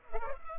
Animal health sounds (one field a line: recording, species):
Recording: mosquito wingbeat signal from an infrared sensor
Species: Culex pipiens